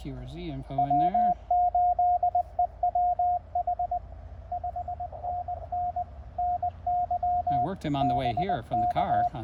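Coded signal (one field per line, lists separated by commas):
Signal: Morse code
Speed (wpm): 21 wpm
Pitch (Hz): 720 Hz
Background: speech, radio noise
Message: W8EWH 5NN NY BK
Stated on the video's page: QRP CW park activation on 20 and 40 m with QCX transceivers, a 30-foot vertical, and a paddle used as a cootie.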